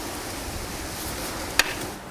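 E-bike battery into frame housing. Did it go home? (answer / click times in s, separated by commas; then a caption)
yes / 1.6 s. A Shimano Steps E8000 e-bike battery is pushed into its frame housing, lifted slightly, then pushed hard until it locks. Over a steady background hiss, a single sharp click sounds at 1.6 s as the battery locks into place.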